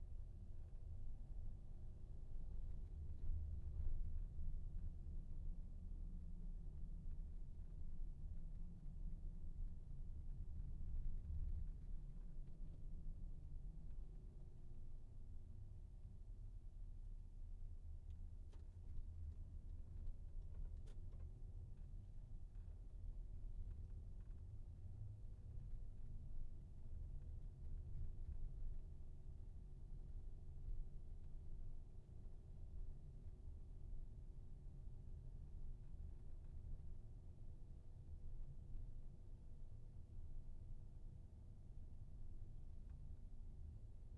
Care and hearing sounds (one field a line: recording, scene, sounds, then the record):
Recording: everyday scene through a hearing-aid microphone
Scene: in a vehicle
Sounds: engine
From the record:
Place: VW T5 Caravelle, diesel engine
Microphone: behind the ear, right, front